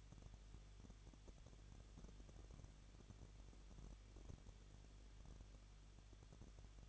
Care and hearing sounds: daily activity, microphone in the room; no activity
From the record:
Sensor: 4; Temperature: 23.0 degrees Celsius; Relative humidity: 33.9%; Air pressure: 1007.2 hPa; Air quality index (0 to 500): 216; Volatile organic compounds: 15 ppm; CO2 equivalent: 2493 ppm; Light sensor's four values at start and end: 2/3/1/1 and 2/3/1/1

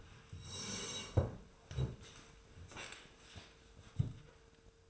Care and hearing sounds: daily activity, microphone in the room; sit down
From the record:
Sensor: 2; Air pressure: 1005.2 hPa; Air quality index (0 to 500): 100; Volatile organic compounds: 2 ppm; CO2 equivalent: 1216 ppm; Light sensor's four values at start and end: 7/16/7/7 and 8/18/7/7

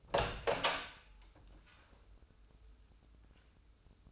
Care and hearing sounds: daily activity, microphone in the room; open door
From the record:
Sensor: 2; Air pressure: 996.0 hPa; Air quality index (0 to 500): 32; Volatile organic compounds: 1 ppm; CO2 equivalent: 592 ppm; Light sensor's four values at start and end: 11/27/11/12 and 11/27/11/12

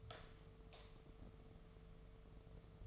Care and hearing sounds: daily activity, microphone in the room; light off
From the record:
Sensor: 4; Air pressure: 1015.4 hPa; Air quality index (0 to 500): 173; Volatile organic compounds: 7 ppm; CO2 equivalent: 2002 ppm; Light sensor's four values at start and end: 25/60/25/27 and 20/47/20/20

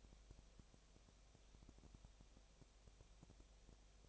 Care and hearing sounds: daily activity, microphone in the room; no activity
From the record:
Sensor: 1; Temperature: 19.8 degrees Celsius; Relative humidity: 37.9%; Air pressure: 998.8 hPa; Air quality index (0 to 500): 233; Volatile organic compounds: 134 ppm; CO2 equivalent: 3950 ppm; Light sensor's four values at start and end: 1/2/1/1 and 1/2/1/1

